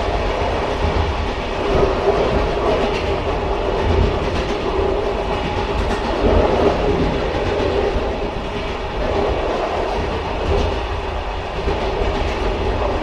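Riding inside a moving train: a steady, dense rumble fills the low end for the whole stretch, with a constant rolling hiss above it. Faint rhythmic clatter from the wheels runs through, and the level barely changes from start to finish.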